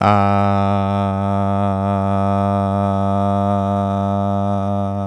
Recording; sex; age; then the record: sustained vowel /a/; male; 20 to 29 years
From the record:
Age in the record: 22 years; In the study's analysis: included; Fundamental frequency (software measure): 99 Hz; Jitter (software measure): 0.26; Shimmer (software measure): 0.75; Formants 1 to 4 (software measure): 701 Hz, 1251 Hz, 2501 Hz, 3491 Hz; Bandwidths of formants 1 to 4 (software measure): 78 Hz, 89 Hz, 358 Hz, 313 Hz